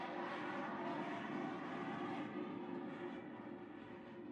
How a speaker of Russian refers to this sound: Только успели это сделать, как невероятная сила прижала их к креслам, взревели двигатели ракеты.